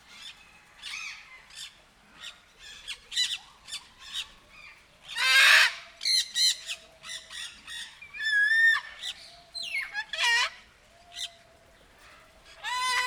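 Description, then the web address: Sulphur-crested cockatoo giving short harsh squawks, one loud raw screech, and warbling harmonic calls, with a steady faint tone underneath. Captive bird at Nyíregyháza Zoo, recorded in 2019 with a professional recorder left beside it. "allathangok nyiregyhazizoo 2019 professzionalis sargabobitas kakadu otthagytukafelvevot nyiregyhaza"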